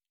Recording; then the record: hydrophone in a shrimp aquaculture tank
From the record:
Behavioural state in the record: normal